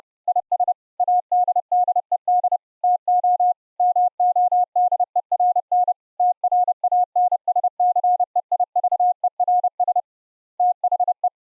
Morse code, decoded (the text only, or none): IS ADDED TO MODERN TRANSCEIVERS THE